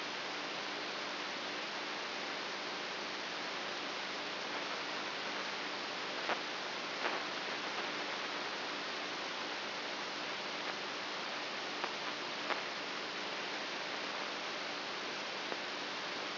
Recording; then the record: brain microelectrode recording played as sound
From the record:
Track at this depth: inside the subthalamic nucleus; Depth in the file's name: 5.04 mm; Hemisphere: right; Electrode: 2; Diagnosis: Parkinson's disease